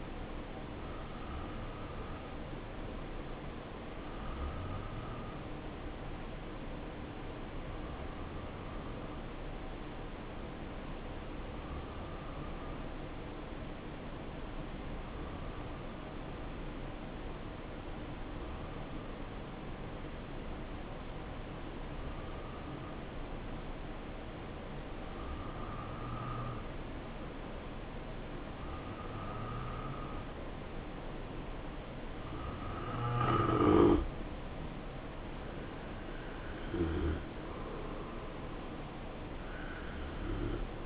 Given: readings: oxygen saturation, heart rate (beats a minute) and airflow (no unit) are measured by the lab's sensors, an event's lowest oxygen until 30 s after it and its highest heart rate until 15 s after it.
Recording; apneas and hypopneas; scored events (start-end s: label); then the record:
breathing in sleep by a voice recorder at the bedside; 1
5.00-34.50 s: hypopnea (N1, oxygen 92% highest, then 87% lowest, heart rate 64 at the start, 72 highest)
11.00-40.86 s: new sleep stage, N2 (light sleep)
From the record:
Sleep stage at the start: N1 (lightest sleep); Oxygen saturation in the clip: 88 to 92%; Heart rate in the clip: 63 to 72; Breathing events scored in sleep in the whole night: 277 in 7.4 hours asleep